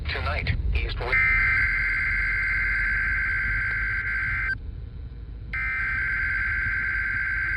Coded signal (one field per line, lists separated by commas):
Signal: Emergency Alert System (SAME) tones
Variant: header bursts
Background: speech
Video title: A boat load of EAS captures and weather radio content I never uploaded cause I was lazy